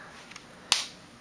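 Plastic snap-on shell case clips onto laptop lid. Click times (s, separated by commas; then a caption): 0.7 s. A final press on the top half of a Speck plastic snap-on shell case, fitted onto the lid of a 13-inch MacBook Pro, produces two faint ticks around 0.3 and 0.4 s. A sharp, bright snap follows at 0.7 s as the last clip locks home, and the case is fully seated.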